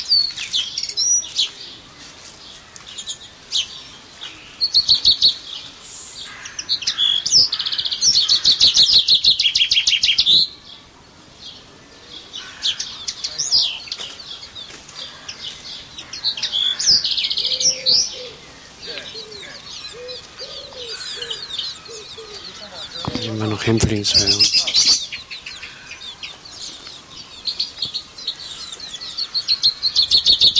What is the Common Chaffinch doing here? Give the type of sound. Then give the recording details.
song. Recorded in captivity. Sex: male. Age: adult. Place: Zoo Berlin, Berlin, DE. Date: 1987-07-02 11:37. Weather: sunny, 20°C. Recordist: Tembrock, Günter